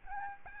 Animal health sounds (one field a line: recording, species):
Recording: mosquito wingbeat signal from an infrared sensor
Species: Aedes albopictus